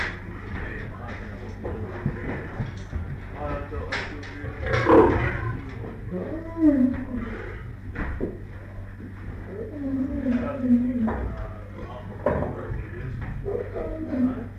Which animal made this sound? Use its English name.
Lion